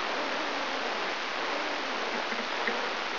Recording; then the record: brain microelectrode recording played as sound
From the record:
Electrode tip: inside the subthalamic nucleus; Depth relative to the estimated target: 1 mm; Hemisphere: left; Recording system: AlphaMap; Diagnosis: Parkinson's disease